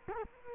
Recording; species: mosquito wingbeat signal from an infrared sensor; Culex quinquefasciatus